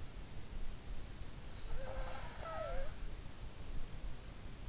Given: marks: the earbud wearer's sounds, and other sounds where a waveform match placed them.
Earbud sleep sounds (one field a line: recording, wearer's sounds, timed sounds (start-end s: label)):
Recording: sounds in sleep by an in-ear microphone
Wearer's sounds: snoring breath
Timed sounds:
1.23-3.63 s: snoring breath